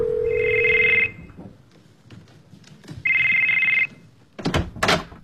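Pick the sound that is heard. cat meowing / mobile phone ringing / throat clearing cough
mobile phone ringing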